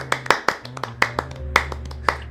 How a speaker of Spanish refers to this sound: Un aplauso, ¡bravo! Aplauso, más fuerte.